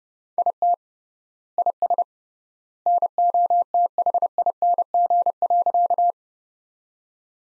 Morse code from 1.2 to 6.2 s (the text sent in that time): IS NOTHING.